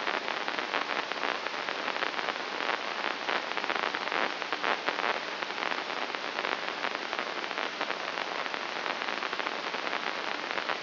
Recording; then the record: brain microelectrode recording played as sound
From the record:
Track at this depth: outside the subthalamic nucleus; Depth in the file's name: 6.629 mm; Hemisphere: left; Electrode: 2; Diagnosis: Parkinson's disease